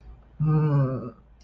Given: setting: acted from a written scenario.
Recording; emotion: vocal sound without words; shame